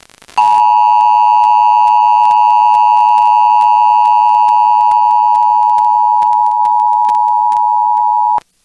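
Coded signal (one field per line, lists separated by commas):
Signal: Emergency Alert System (SAME) tones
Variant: 853 and 960 Hz attention tone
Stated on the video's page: Real severe thunderstorm EAS alerts received from an FM broadcast station in Laredo, Texas.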